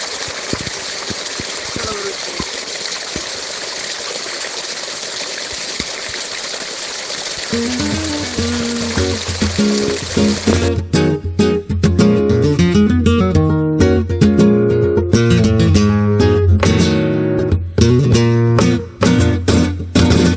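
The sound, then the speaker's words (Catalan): A steady, hissing roar of a waterfall at the source of a river pours on its own for several seconds, then music with a deep bass line fades in and soon dominates over the rushing water. “I per això, bueno, pues m'he ficat a un naixement d'un riu i et regalo aquests segons de cascada i de fluir.”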